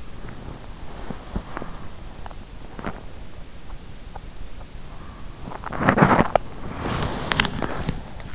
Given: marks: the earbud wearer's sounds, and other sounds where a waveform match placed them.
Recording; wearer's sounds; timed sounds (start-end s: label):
sounds in sleep by an in-ear microphone; body movement
0.94-7.92 s: body movement